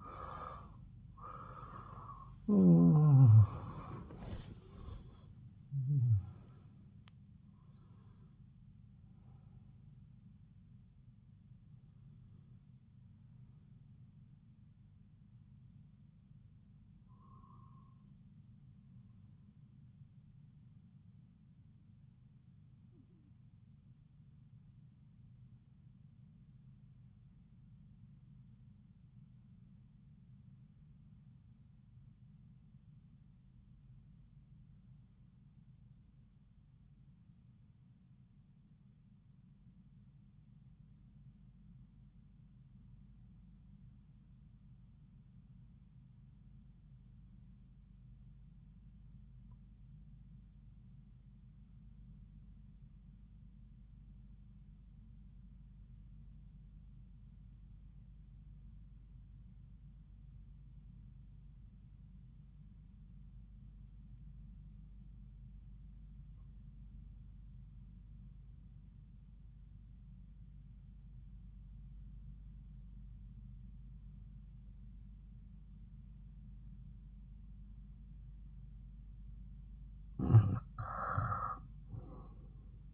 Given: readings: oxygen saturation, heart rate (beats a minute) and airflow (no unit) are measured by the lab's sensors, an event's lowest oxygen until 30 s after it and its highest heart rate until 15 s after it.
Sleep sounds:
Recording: breathing in sleep by a smartphone at the bedside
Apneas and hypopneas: 1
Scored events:
28.00-78.60 s: obstructive apnea (REM, oxygen 97% highest, then 75% lowest)
From the record:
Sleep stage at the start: REM sleep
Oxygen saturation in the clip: 77 to 97%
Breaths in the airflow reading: 6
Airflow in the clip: -10.6 to 13.3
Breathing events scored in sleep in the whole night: 270 in 6.1 hours asleep

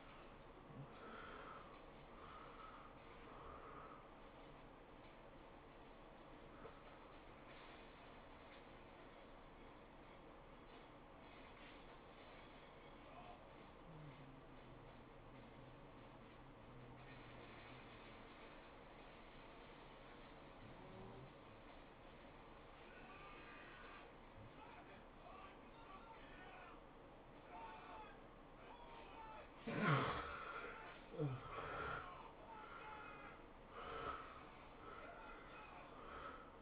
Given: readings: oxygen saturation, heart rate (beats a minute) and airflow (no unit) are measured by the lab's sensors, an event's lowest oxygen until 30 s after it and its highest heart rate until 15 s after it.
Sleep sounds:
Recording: breathing in sleep by a voice recorder at the bedside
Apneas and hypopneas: 1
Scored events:
9.00-31.10 s: hypopnea (N1, oxygen 96% highest, then 75% lowest, heart rate 82 at the start, 105 highest)
From the record:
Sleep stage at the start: N1 (lightest sleep)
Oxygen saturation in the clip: 82 to 96%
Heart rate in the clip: 76 to 104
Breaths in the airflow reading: 7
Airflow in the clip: -18.3 to 15.7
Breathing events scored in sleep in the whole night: 403 in 5.5 hours asleep

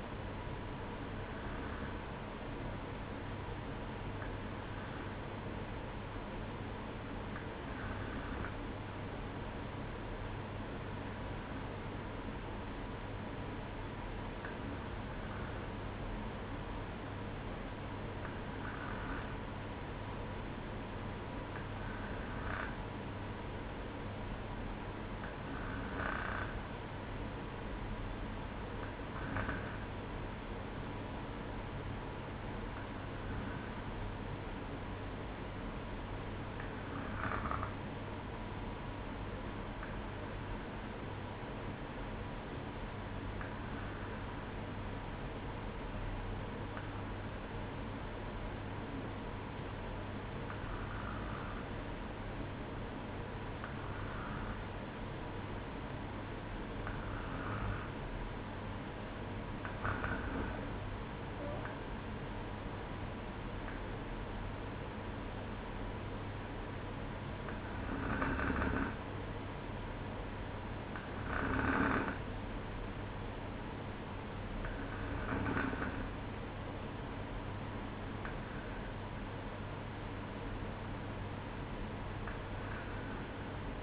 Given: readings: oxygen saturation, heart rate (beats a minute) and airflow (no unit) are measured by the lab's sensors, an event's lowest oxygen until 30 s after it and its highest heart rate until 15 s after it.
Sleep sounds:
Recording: breathing in sleep by a voice recorder at the bedside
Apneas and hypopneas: 1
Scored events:
44.00-60.20 s: hypopnea (N1, oxygen 94% highest, then 93% lowest, heart rate 61 at the start, 63 highest)
From the record:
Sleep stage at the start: N1 (lightest sleep)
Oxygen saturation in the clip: 93 to 94%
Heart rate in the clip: 61 to 64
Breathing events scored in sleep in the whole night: 305 in 9.6 hours asleep

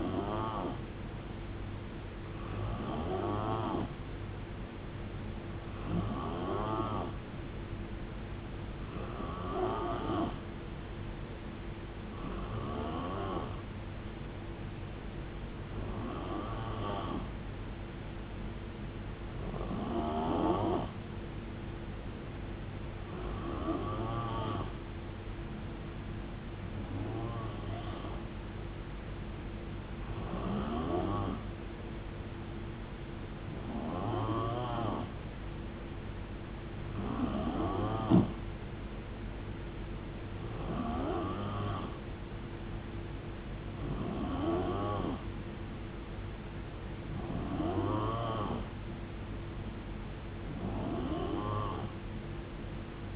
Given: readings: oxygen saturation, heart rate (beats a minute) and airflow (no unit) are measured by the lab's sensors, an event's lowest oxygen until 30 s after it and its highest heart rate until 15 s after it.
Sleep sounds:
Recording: breathing in sleep by a voice recorder at the bedside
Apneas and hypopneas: none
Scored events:
none scored
From the record:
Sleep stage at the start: N3 (deep sleep)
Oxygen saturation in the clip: 90 to 91%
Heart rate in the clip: 65 to 79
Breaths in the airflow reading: 16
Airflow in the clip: -8.6 to 4.9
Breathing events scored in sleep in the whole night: 389 in 6.3 hours asleep

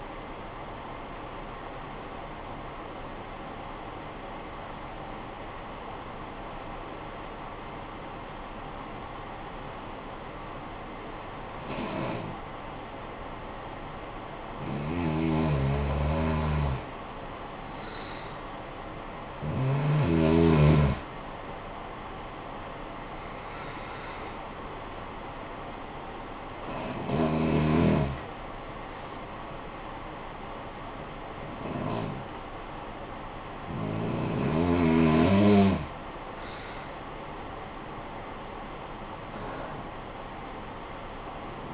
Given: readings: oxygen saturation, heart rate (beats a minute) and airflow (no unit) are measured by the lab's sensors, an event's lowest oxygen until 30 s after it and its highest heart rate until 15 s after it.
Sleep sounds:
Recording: breathing in sleep by a voice recorder at the bedside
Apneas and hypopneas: 1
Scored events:
6.00-15.00 s: obstructive apnea (N1, oxygen 96% highest, then 90% lowest, heart rate 53 at the start, 68 highest)
From the record:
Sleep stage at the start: N1 (lightest sleep)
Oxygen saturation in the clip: 90 to 96%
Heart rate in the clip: 50 to 68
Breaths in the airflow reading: 8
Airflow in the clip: -10.7 to 9.8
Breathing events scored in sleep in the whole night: 445 in 7.6 hours asleep

